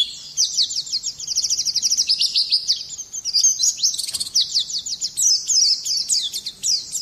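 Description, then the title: Oriental Magpie-robin song, quick repeated high notes in rattling series, continuous and energetic throughout. "Kicau Kacer"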